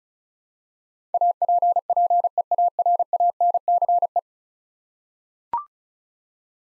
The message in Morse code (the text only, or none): APPEARANCE